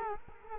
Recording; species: mosquito wingbeat signal from an infrared sensor; Culex quinquefasciatus